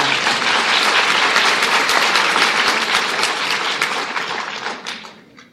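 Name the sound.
audience applause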